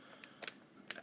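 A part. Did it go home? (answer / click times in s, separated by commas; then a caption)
yes / 0.9 s. A 1/4 inch hex bit is pushed one-handed into the quick-release hex chuck of a DeWALT 20V MAX lithium-ion 1/4 inch impact driver (DCF885C2). Faint ticks and a brief rattle around 0.2 to 0.5 s lead up to a sharp, bright click at 0.9 s as the bit locks in and is seated.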